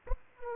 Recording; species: mosquito wingbeat signal from an infrared sensor; Aedes aegypti